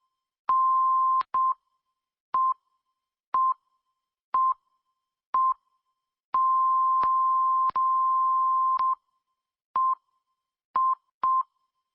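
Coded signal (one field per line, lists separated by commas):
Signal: radio time signal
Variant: Cadena SER pips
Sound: about ten 1 kHz pips, mostly a second apart, with one long tone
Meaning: Top-of-hour time signal for 7 pm, garbled by far too many pips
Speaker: ha pasado en una radio seria el pasado sábado, en concreto en la cadena ser.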